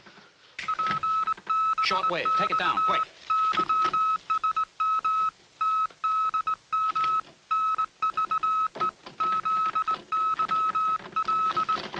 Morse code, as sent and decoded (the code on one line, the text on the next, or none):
.--. -... -..- / -.-- ... -- / - -.. -- / -. ...- . / --.. -.-- .-..
PBX YSM TDM NVE ZYL